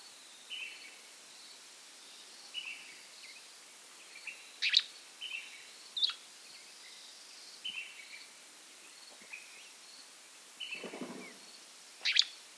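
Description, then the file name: Gray flycatcher uttering sharp, snappy notes at irregular intervals, with a brief lower rustling sound near the end. "American Grey Flycatcher Empidonax wrightii"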